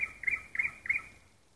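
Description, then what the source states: Nightingale song: a brief burst of four loud, liquid notes repeated about every third of a second, then fading away. Song heard at night in a park.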